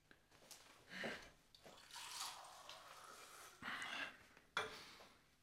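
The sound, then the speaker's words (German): Water is poured into a glass in a few uneven, splashy bursts with short pauses between them, ending with a sharper knock. No one speaks. “Könnte ich wohl ein Glas Wasser bekommen?”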